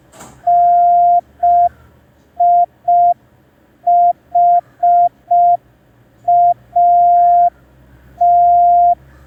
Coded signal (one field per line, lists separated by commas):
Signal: Morse code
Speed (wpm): 5 wpm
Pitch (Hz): 700 Hz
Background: none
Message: NIHAT